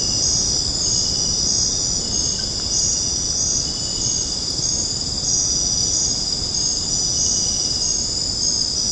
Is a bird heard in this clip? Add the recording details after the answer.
no. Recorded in secondary vegetation near Puerto Asís, Putumayo, Colombia, on 8 March 2025 at 20:30. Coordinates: 0.481, -76.318. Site G097